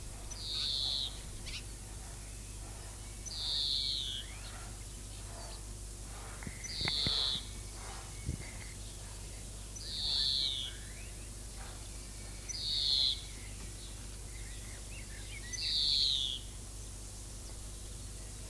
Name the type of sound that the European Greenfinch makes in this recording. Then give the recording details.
call. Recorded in the wild. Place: Lübars, Benekendorffstraße, Berlin, DE. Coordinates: 52.6167, 13.3469. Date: 2004-05-01 10:27. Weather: sunny, 16°C. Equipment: Fair Mate ST-1328 (Asahi Electronics, Japan), Sennheiser ME 80, Kopie Uher 4000 Report Monitor. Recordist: Tembrock, Günter